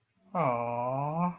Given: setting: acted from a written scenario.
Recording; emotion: vocal sound without words; adoration